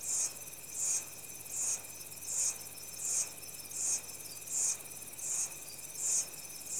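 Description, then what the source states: Insects in a dense chorus: a high shrill pulse bursting about every three-quarters of a second over a steady whining hum, with a constant lower buzzing band beneath. Insects in tropical rainforest, Central African Republic, early evening.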